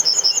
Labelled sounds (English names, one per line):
Yellowhammer song